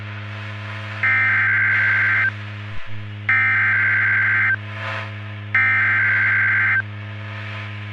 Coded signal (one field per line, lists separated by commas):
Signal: Emergency Alert System (SAME) tones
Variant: header bursts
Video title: Summers Day (EAS Scenario)